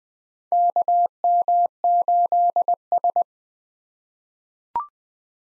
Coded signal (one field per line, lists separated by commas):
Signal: Morse code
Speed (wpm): 20 wpm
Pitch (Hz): 700 Hz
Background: none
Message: KM8S